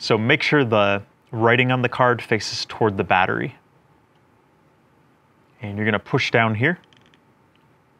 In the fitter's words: it's gonna click into place.